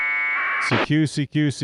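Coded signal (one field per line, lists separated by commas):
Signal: packet radio (AX.25, as in APRS)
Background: speech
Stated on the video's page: 20 meter amateur radio operation on a Flex radio.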